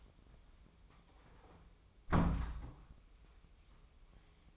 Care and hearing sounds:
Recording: daily activity, microphone in the room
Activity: close door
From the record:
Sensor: 1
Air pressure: 1005.0 hPa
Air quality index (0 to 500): 92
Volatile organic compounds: 2 ppm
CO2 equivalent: 1252 ppm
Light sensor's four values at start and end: 10/25/10/11 and 10/24/10/10

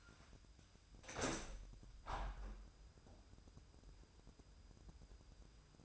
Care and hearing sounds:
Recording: daily activity, microphone in the room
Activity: open window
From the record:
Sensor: 2

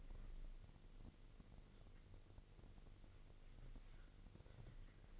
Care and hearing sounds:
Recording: daily activity, microphone in the room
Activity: wipe stove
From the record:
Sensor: 4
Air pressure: 1002.4 hPa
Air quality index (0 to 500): 215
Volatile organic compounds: 12 ppm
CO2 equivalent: 2325 ppm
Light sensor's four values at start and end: 19/67/24/24 and 19/67/24/24

